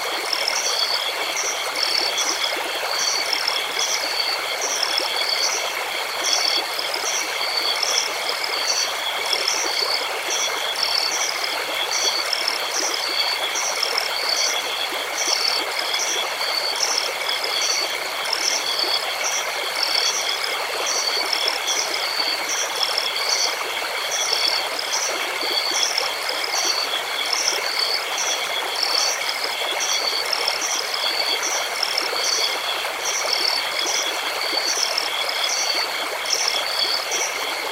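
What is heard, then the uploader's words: Water flows steadily over rocks in a constant, even rush with no low rumble beneath it. Crickets chirp throughout, a high continuous trill layered with quick, regular pulses repeating about once a second. Nothing changes across the whole stretch. Babbling Brook at Night. The gentle sounds of water flowing over rocks and the peaceful chirping of crickets.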